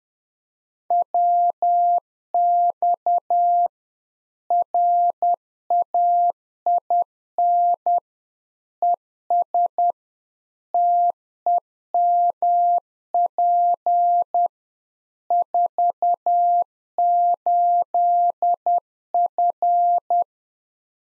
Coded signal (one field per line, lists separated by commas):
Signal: Morse code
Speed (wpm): 10 wpm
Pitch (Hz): 700 Hz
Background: none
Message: WX RAIN ES TEMP 48F